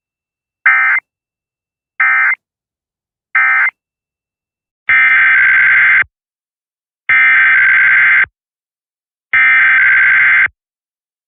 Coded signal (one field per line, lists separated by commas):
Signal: Emergency Alert System (SAME) tones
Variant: header bursts